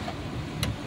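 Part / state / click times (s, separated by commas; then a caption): thread into sewing machine thread guide/tension / seated / 0.6 s. Thread is pulled down and back on a sewing machine so it slips into a thread guide or tension point, over a steady low background hum. A slight, short click is heard at 0.6 s as the thread seats in the guide.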